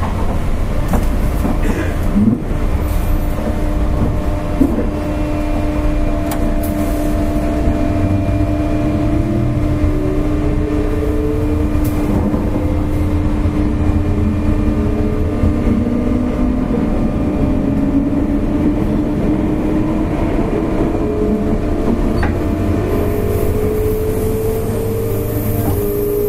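Running sound from inside a JR 201-series electric train on the loop line: a steady, dense low rumble with rhythmic rattling. Motor whine tones rise in pitch through the middle and late part as the train gathers speed, with occasional clicks and squeaks.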